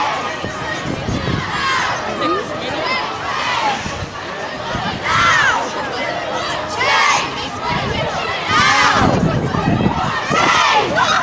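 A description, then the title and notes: A youth climate strike: a dense crowd of young voices talks and shouts over one another without pause. Overlapping chatter stays steady throughout, with louder bursts of shouting and calls rising near five, seven and nine seconds. Recording of Youth Strike for Climate Change.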